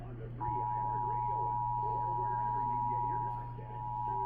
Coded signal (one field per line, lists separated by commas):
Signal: Emergency Alert System (SAME) tones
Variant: 853 and 960 Hz attention tone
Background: speech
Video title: Eas Hgx Toa and a retoned Tor on KGG68, KETH-TV KUHT-TV Eas#2148- 2150)